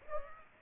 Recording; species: mosquito wingbeat signal from an infrared sensor; Aedes aegypti